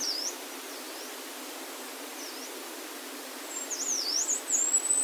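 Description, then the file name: Yellow-browed warbler singing high, thin, rising-and-falling wavering notes, faint at first, then a louder drawn-out phrase near the end, with background hiss. Recorded at Norikura on 23 June 2021. "kimayumushikui 210623 norikura ijima"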